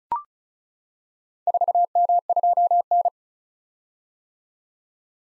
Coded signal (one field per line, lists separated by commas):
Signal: Morse code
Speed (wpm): 36 wpm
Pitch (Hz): 700 Hz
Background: none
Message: 4M2N